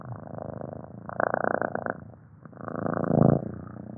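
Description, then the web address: Cat giving a deep, rumbling purr that pulses steadily, rising and falling in loudness with a brief dip midway. Long deep purring. "SFXSource. Cat Purring Long Deep"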